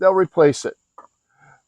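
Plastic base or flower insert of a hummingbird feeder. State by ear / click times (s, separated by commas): released / 1.0 s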